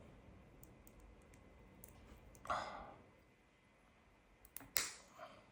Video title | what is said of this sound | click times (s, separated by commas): Build the Robocop from Fanhome - Issues 3 - 6 | Just like that. You just heard that click. | 4.6 s, 4.8 s